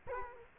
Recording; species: mosquito wingbeat signal from an infrared sensor; Culex quinquefasciatus